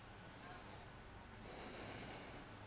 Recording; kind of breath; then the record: one breath in and out by a microphone near the nose and mouth; deep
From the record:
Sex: male